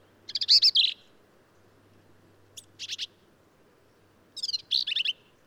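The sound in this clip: Black-capped vireo phrases: a loud burry, squeaky burst, then a quieter short note group, then another rough, chattering phrase.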